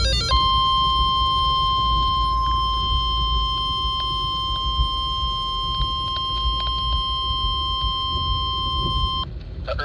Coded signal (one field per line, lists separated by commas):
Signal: Emergency Alert System (SAME) tones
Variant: 1050 Hz attention tone